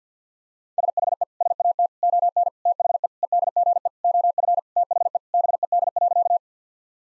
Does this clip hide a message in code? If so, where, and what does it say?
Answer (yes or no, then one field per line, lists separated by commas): yes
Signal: Morse code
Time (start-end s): 0.8-6.4 s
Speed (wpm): 50 wpm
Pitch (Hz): 700 Hz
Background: none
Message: SHE SAT ON THE EDGE OF THE BED.